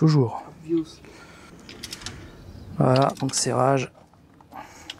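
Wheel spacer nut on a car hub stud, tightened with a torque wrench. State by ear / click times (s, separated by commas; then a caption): torque reached / 4.9 s. A nut holding a 20 mm aluminium wheel spacer onto a hub stud of a Tesla Model 3 SR+ is tightened with a torque wrench set to 175 Nm while someone talks. The wrench clicks at the setting at 4.9 s, and the nut is confirmed tight to torque.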